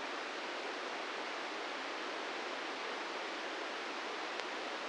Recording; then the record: brain microelectrode recording played as sound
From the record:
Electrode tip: inside the subthalamic nucleus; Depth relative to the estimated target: -3 mm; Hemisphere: left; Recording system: NeuroSet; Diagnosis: Parkinson's disease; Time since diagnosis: 13 years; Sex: male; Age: 66 years